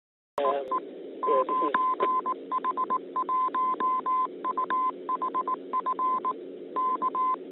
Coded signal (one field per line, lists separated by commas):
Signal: Morse code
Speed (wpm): 19 wpm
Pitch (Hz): 1030 Hz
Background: none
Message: EE 9H1UHF K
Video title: 25. 9H-HAM GlobalNet - Main topic: Open [03 Mar 2022]